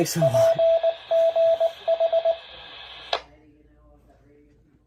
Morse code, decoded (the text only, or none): PGH